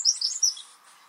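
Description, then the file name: Eurasian wren song fragment: a brief burst of very high, rapid twittering notes that fades within a second. "Troglodytes troglodytes"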